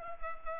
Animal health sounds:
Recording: mosquito wingbeat signal from an infrared sensor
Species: Culex pipiens

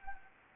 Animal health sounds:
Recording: mosquito wingbeat signal from an infrared sensor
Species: Anopheles gambiae

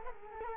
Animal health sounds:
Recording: mosquito wingbeat signal from an infrared sensor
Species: Culex quinquefasciatus

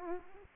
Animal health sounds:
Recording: mosquito wingbeat signal from an infrared sensor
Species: Aedes aegypti

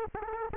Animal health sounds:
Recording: mosquito wingbeat signal from an infrared sensor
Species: Aedes aegypti

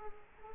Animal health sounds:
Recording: mosquito wingbeat signal from an infrared sensor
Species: Culex quinquefasciatus

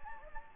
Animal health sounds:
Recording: mosquito wingbeat signal from an infrared sensor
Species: Anopheles gambiae

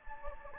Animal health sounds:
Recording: mosquito wingbeat signal from an infrared sensor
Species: Anopheles gambiae

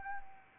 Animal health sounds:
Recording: mosquito wingbeat signal from an infrared sensor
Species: Anopheles gambiae

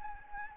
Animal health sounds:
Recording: mosquito wingbeat signal from an infrared sensor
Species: Anopheles gambiae

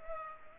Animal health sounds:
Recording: mosquito wingbeat signal from an infrared sensor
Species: Culex pipiens

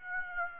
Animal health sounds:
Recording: mosquito wingbeat signal from an infrared sensor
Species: Aedes aegypti

